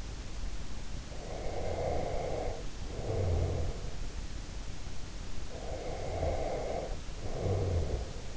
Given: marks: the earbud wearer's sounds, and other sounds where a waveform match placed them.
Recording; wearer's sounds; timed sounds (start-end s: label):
sounds in sleep by an in-ear microphone; snoring breath
1.13-4.02 s: snoring breath
5.43-8.37 s: snoring breath